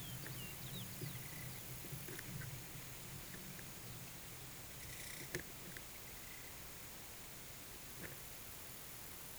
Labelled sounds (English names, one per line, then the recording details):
none
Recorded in pastures near Puerto Asís, Putumayo, Colombia, on 22 June 2025 at 13:00
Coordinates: 0.486, -76.323
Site H29